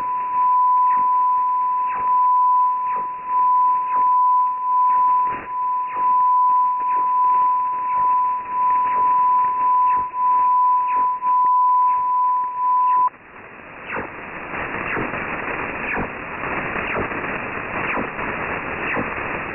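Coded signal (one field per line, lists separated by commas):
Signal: unidentified radio signal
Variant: HAARP carrier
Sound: steady pure whistle tone for about 13 seconds over crackling static, then stops, hiss continues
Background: radio static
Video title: HAARP transmission, 4440 kHz, February 20, 2017, 0157 UTC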